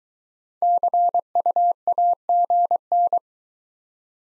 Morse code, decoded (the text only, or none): CU AGN